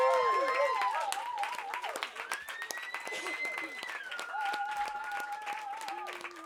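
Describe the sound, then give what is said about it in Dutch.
Dense audience applause at the Krakenburg festival, the crowd applauding themselves and the people around them, many hands clapping in a steady, loud wash throughout, with sustained tonal whistles or cheers rising and falling above it. “Dus zet het applausje maar door voor jezelf of de mensen om je heen.”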